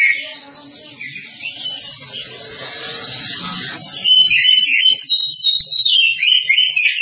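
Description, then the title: Oriental magpie-robin song, quiet varied twittering at first, then loud clear whistled and rasping phrases from the fourth second onward, over a low hum. "Kacer"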